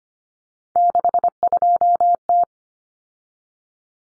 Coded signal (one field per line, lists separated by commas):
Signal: Morse code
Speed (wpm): 25 wpm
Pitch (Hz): 700 Hz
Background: none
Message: 62T